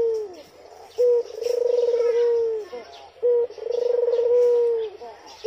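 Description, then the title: Barbary dove calls: a short hooted note followed by a long vibrating coo that drops at the end, twice over, with light chirping in the background. White variety; masteran training recording for teaching songbirds. "Masteran Burung Puter Putih"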